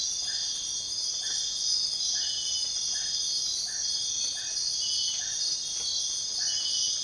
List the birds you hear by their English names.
none